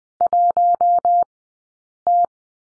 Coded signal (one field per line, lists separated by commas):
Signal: Morse code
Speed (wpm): 20 wpm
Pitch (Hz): 700 Hz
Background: none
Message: 1T